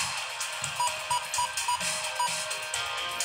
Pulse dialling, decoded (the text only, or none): none